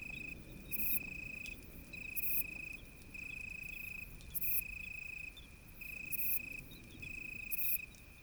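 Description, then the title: Italian tree cricket trilling in repeated phrases about a second long, broken by brief gaps filled by loud rasping insect bursts, over a soft low rumble. Moonless, pitch-dark night during a thunderstorm with occasional lightning; vine ephippiger audible in the background. "naturophonie. Un grillon sous l'orage"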